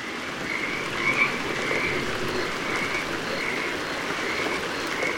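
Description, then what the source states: Pacific chorus frogs calling together, repeated croaks over steady background noise. Chorus on Santa Cruz Island, Channel Islands off California, a rugged landscape; the frogs sing when the winter rains come.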